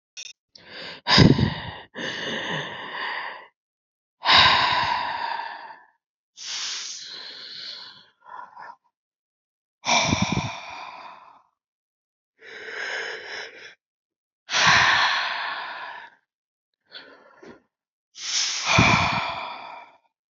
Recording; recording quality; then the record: deep breathing; excellent, no background noise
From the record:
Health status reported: healthy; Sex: male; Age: 40 years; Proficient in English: yes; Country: India